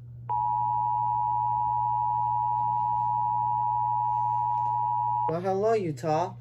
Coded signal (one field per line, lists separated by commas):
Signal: Emergency Alert System (SAME) tones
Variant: 853 and 960 Hz attention tone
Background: speech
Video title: EAS 1106: Utah Amber Alert